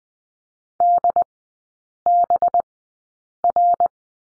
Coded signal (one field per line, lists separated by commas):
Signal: Morse code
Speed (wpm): 20 wpm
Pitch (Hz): 700 Hz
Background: none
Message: DBR